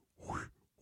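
A single breathy, whooshing vocal burst, under a second long, rises in pitch and then fades. An adult man vocally imitates the swishing blood-flow and heartbeat sound heard during a sonogram.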